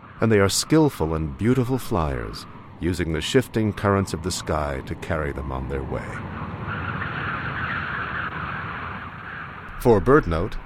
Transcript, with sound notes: And they are skillful and beautiful flyers, using the shifting currents of the sky to carry them on their way. [Sound of wind over pastureland] For BirdNote, I'm